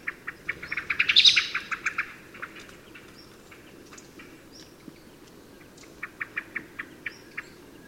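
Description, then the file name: Common blackbird giving rapid, repeated clicking chink calls, a loud dense burst early on, then quieter, spaced series of sharp ticks; faint thin high notes in the background. "Turdus merula"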